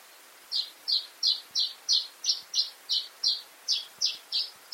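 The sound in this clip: Bird repeating short, high, rasping chip notes at an even pace, roughly three each second, throughout.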